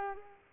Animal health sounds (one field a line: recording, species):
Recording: mosquito wingbeat signal from an infrared sensor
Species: Culex pipiens